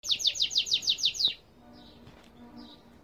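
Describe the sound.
Goldfinch song: a rapid run of about eight bright twittering notes in just over a second, then faint scattered high notes.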